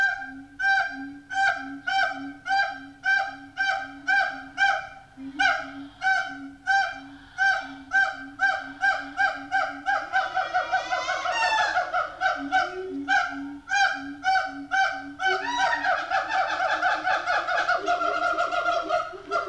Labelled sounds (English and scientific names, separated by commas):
Siamang (Symphalangus syndactylus)